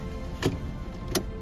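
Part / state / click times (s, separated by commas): seat belt tongue into buckle / seated / 1.2 s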